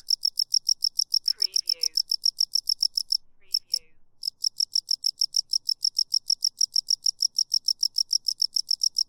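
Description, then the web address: Cricket chirping, a single high pulsed chirp repeated steadily about three times a second, pausing briefly twice, with faint lower rasping sounds in the first four seconds. "lynne-publishing Single Cricket"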